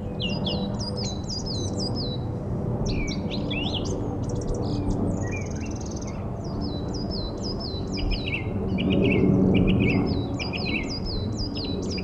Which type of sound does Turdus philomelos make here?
song